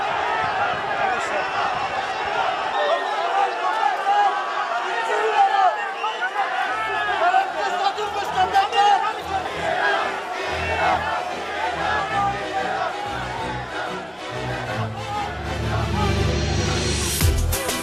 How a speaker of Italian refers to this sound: E le urla di scherno che avete sentito sono quelle dei tanti sostenitori del presidente Erdogan mentre sfilavano, accompagnati al tribunale di Ankara, i 500 presunti accusati appunto del golpe di circa un anno fa.